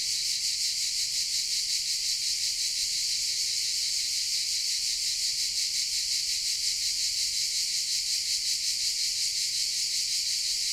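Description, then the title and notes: Cicada song as a constant high, rhythmically pulsing buzz, steady from start to finish. Recorded in shade of pine trees in the park of the Certosa di Padula, Italy; mainly cicadas; Zoom H6 with MS capsule. "Cicale nel parco della Certosa. Registrazione all'ombra dei pini nel parco della Certosa di Padula. Principalmente biofonie prodotte da cicale e corvi"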